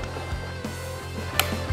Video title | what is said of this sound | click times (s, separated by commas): Comment armer une arbalète ? On vous montre tous les modèles chez Hattila ! | Là j'ai entendu le clac. | 1.4 s